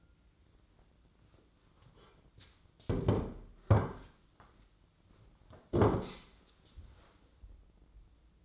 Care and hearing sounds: daily activity, microphone in the room; sit down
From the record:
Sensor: 3

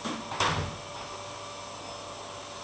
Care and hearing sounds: daily activity, microphone in the room; vacuum cleaning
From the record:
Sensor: 1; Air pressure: 1007.7 hPa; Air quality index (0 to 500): 78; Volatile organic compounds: 1 ppm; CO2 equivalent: 677 ppm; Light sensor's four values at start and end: 9/22/9/10 and 9/22/9/9

